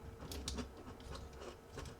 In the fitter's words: Let's pull down the middle one first Lock the clasp